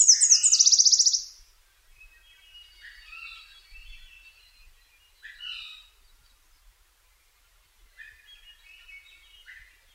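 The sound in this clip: Nashville warbler song, a rapid burst of high chipping notes at the start, followed by fainter scattered twittering.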